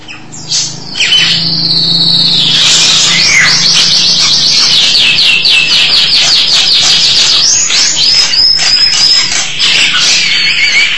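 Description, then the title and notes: Starling song: a steady buzz gives way to fast, repeated rasping trills and scratchy chatter, about four notes per second, with sharp whistles toward the end. "suara burung jalak"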